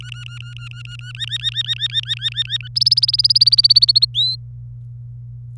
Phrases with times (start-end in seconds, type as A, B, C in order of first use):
0.00-1.12 A, 1.15-2.57 B, 2.61-2.68 A, 2.76-4.05 C, 4.14-4.36 D